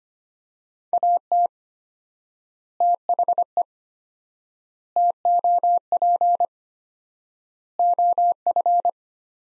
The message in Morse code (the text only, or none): AT THE TOP OF